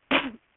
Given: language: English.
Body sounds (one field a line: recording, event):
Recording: throat vibration sensor signal played as sound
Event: cough